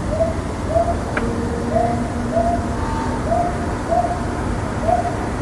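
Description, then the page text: Brown hawk-owl giving several mellow hoots, with a brief click early on and a faint higher tone in the background. Owl calling at night, May 10–20, 2014, at an antenna tower; calling was quite loud, thought to be seeking a mate before nesting. "Nights of May 10 to 20, 2014, a brown hawk owl (Ninox Scutulata) came to my antenna tower.夜、アオバズクがタワーに来て鳴くもので、結構うるさかった。営巣するために嫁さんでも探しているのだろう。"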